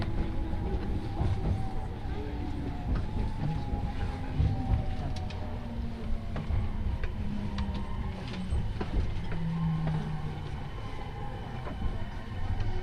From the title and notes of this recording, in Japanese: 耳で楽しむ鉄道旅 東海道本線新快速 草津→新大阪。